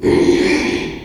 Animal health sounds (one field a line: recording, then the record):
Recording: squeal of a Yucatan mini pig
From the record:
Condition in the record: after surgery on the right vocal fold (resection and tissue-engineered implant)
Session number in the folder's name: 2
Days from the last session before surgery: 13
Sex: male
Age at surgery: 12 weeks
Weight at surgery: 13 kg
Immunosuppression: cyclosporine, prednisolone